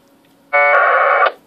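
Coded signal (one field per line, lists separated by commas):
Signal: packet radio (AX.25, as in APRS)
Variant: 1200 baud AFSK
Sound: one short harsh warbling data burst, about three quarters of a second long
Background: faint radio hiss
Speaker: what I have here is the radio set up to receive APRs packets it's tuned to a VHF frequency of one four four three nine zero megahertz and it's in package received mode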